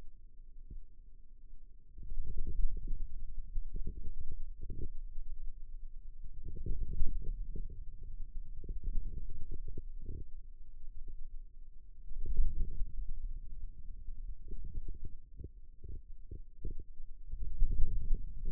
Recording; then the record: forearm muscle sounds (acoustic myography)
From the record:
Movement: radial deviation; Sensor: system 2, bracelet of six BSWA MPA416 microphones around the upper forearm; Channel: 3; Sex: male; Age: 22 years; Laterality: right